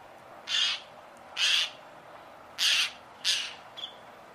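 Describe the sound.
Bird giving four harsh, rasping squawks, spaced unevenly about a second apart, with a short faint note at the end over a quiet hiss.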